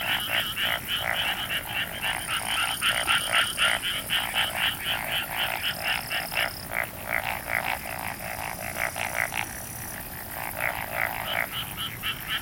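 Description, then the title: Frogs in a chorus of fast pulsed croaks, steady throughout, with faint high tones above. "Summer Japan, Hokkaido. Night Paddy's frogs. 夜の水田のカエル"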